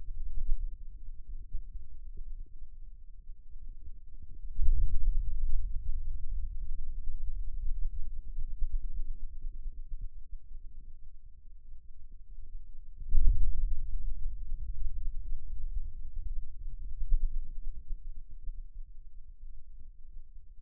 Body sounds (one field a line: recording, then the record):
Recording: forearm muscle sounds (acoustic myography)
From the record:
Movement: radial deviation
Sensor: system 2, bracelet of six BSWA MPA416 microphones around the upper forearm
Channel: 1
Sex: male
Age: 22 years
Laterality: right